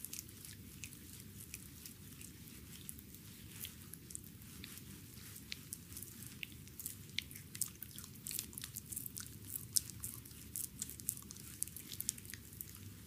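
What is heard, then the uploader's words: A foot massage with rose petals: a steady, dense bed of soft rubbing and crackling, full of tiny scattered ticks like light rain. A low, muffled rumble runs beneath it throughout, and the sharper clicks grow a bit more frequent after the midpoint. Very tenderly ASMR foot massage with rose petals. Delicate and romantic foot massage with rose petals.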